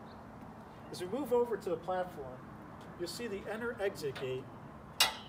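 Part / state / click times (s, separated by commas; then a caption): gate latch on an aerial work platform railing / seated / 5.0 s. Someone talks while the self-closing entry/exit gate on the railing of a JLG 1030P scissor-lift platform swings shut. At 5.0 s its metal latch locks back into place with a sharp clack, seating the gate closed.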